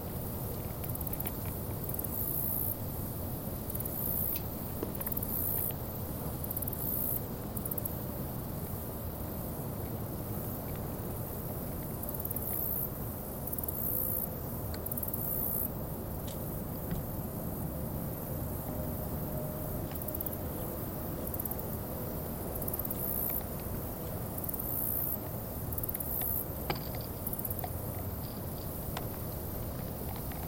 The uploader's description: churning, rustling, buzzing, humming, crickets, a river, and a bowed string